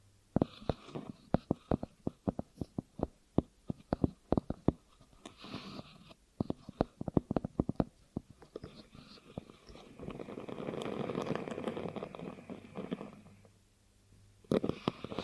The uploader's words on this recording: ASMR Hypnotic Ear Triggers for Instant Sleep (No Talking).